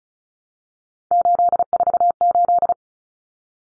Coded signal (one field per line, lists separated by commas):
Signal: Morse code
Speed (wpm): 34 wpm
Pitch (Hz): 700 Hz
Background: none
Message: 848